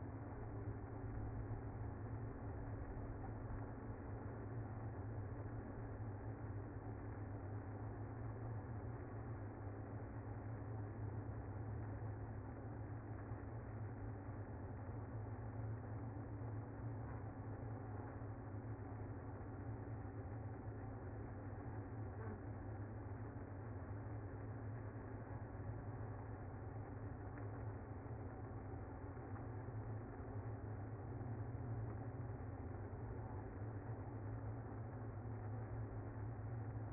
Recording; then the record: honeybee colony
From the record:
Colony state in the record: active